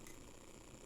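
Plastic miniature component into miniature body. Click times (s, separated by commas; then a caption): 0.1 s. A separately cast plastic miniature piece is pressed into the miniature's body along its seam and snaps into place with a short click at 0.1 seconds, over a steady low hiss. A second, fainter tick comes near the end, and the piece ends up seated.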